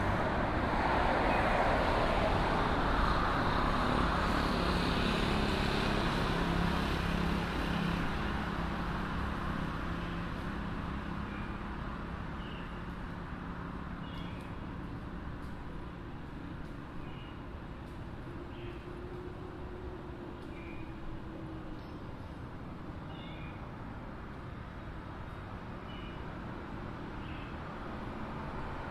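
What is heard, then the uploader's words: A steady outdoor rumble along the Malecón in Puerto Plata, with a passing vehicle's low drone early and faint chirps scattered throughout. Malecón – Puerto Plata, Dominican Republic (Binaural Field Recording). I left Long Beach and walked to the Malecón. I found a shady spot near the beachside bars and chiringuitos.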